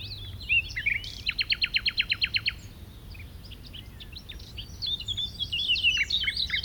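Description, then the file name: Common nightingale song: a fast series of sharp repeated notes, then a jumble of varied whistled phrases, with a steady low hum underneath. "Luscinia megarhynchos"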